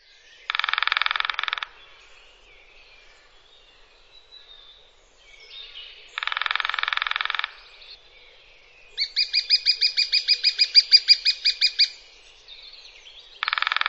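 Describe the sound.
Bird giving a quick run of high chirps lasting about three seconds, between loud harsh rasping bursts of about a second each.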